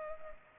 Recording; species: mosquito wingbeat signal from an infrared sensor; Culex pipiens